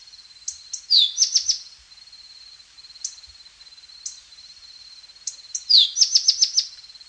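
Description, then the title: Tepui brush finch giving two high phrases, each a falling slur followed by a rapid series of thin staccato notes, with isolated chips between and a continuous high hum. "LuckyPassaro Completos2Sama. Tepui Brush Finch"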